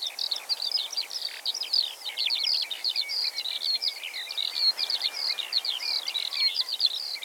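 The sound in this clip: Eurasian skylark song, fast and ceaseless, mixing sharp chirps, short whistles and rippling trills in a high, jumbled outpouring.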